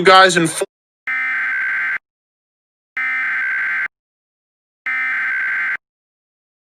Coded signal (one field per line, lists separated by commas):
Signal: Emergency Alert System (SAME) tones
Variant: header bursts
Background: speech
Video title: EAS Scenario - Stellar Sun Collision (VALID TONES & LOUD NOISES)